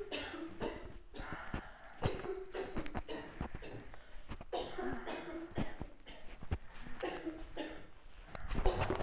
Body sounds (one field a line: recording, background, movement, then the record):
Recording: deep breathing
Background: a bystander coughing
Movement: walking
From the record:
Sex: female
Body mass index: 18.8 kg/m2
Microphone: on the chest, facing outward